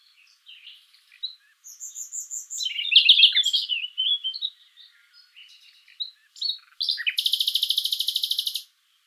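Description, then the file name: Common nightingale song: scattered chirps build to a loud jumbled phrase, then a long, very fast, high pulsing trill closes the strophe. "Luscinia megarhynchos"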